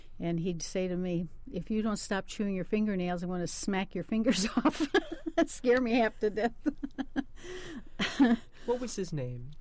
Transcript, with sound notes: And he'd say to me "If you don't stop chewing your fingernails, I'm gonna smack your fingers off." [Laughs] Scare me half do death.
What was his name?